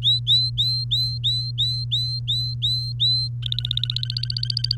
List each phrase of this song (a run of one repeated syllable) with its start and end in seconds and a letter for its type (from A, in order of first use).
0.02-3.28 A, 3.42-4.77 B